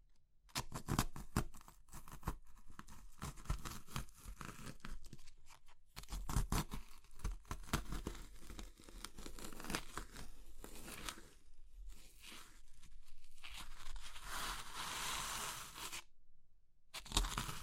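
Crisp crushing and crumbling of brittle materials like chalk, soap or meringue, in dense bursts of crackling and snapping through most of the clip. Brief pauses fall near 6, 11 and 16 seconds, and a brighter, hissing crumble builds around 14–15 seconds.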